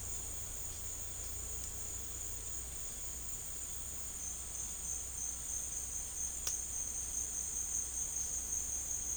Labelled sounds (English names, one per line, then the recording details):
none
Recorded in dense forest near Puerto Asís, Putumayo, Colombia, on 23 June 2025 at 11:00
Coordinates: 0.481, -76.323
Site G072